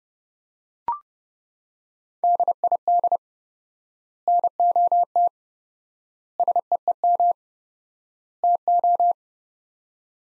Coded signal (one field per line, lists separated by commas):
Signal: Morse code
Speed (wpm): 32 wpm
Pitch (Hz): 700 Hz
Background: none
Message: DID NOT SEEM TO